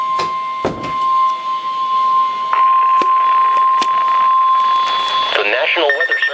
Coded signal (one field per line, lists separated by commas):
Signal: Emergency Alert System (SAME) tones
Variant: 1050 Hz attention tone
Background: speech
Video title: 2 Same Special Marine Warnings for 3 Chesapeake Bay Zones, 3 Rivers {EAS #1408-09}